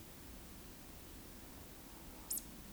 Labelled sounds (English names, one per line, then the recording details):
Eurasian Woodcock whistle
Eurasian Woodcock croak
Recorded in Baden-Württemberg, Germany, on 9 June 2021 at 20:15 UTC
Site 25175, 602 m above sea level